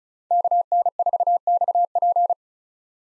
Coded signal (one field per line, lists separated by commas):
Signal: Morse code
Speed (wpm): 36 wpm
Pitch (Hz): 700 Hz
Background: none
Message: KN4XP